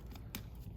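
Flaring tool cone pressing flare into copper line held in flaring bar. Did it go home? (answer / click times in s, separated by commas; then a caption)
yes / 0.4 s. A flaring tool's feed screw is cranked down so its cone presses a flare into copper refrigerant tubing held in a flaring bar. A faint tick comes at 0.2 s, then the tool's built-in clutch releases with a sharp click at 0.4 s, marking the end of the flare.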